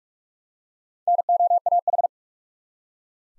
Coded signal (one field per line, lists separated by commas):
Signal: Morse code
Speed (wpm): 46 wpm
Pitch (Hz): 700 Hz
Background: none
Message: NOAH